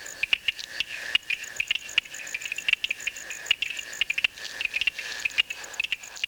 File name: Uperoleia lithomoda